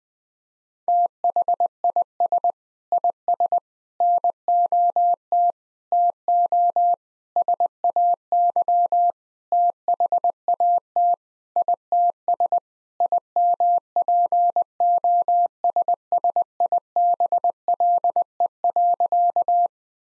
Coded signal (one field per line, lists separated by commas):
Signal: Morse code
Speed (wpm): 21 wpm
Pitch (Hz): 700 Hz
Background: none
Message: THIS IS NOT TO SAY THAT ITS IMPOSSIBLE.